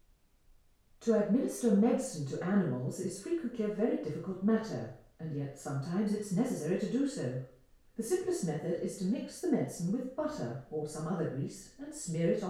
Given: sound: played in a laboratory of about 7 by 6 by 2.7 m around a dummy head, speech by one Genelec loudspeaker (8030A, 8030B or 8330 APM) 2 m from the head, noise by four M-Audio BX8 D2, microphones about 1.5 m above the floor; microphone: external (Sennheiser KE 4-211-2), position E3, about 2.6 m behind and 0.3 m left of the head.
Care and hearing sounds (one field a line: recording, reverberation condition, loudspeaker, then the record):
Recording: female speech in English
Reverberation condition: medium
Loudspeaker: 120 degrees to the left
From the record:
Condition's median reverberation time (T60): about 510 ms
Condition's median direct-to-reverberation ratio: about -0.5 dB